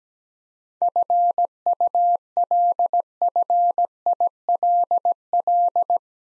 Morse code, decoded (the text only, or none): FULFILL